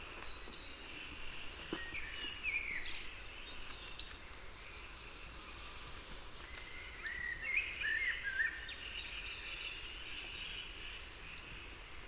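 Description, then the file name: Great tit calling with sharp, high, descending notes, some followed by thin whistled tones, against a background of soft bird chatter and faint noise. "Parus major"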